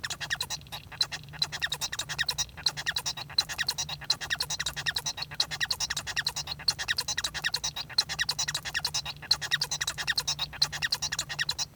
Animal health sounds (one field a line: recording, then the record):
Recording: song of a male Bengalese finch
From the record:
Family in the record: son of father 1